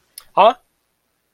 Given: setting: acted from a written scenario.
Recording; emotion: vocal sound without words; confusion